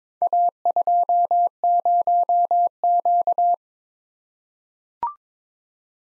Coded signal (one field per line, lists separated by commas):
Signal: Morse code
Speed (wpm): 22 wpm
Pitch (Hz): 700 Hz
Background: none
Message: A20Q